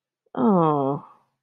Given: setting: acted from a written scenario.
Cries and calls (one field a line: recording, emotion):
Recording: vocal sound without words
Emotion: embarrassment